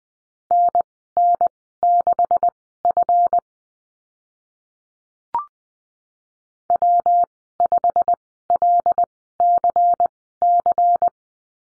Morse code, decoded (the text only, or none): NN6F W5LCC